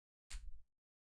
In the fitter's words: There we go. Very satisfying snap.